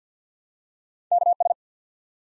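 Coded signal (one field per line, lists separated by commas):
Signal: Morse code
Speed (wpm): 47 wpm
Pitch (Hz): 700 Hz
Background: none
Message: KS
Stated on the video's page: Head-copy drill of ARRL Sections used in Field Day contest exchanges, sent at 50 wpm, spoken, then sent again.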